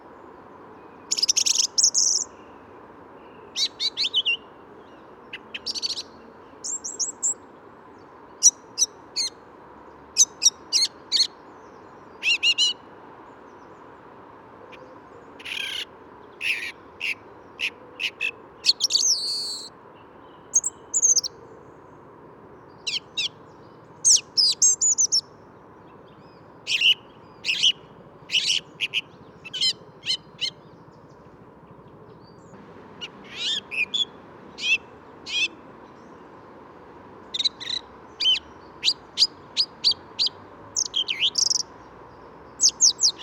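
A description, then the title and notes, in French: Birds sing in the Bois de Vincennes in near-spring conditions, with bright chirps and short trilled phrases arriving in quick bursts throughout. The calls come every second or two with brief gaps, over a steady low hum that runs beneath the whole recording. Entre 8h et 10h30 du matin - Bois de Vincennes - Nagra Seven - Telinga pro7. Météo radieuse et étonnante pour cette saison,qui résume un superbe safari sonore presque printanier dans le bois de Vincennes durant deux heures et demi.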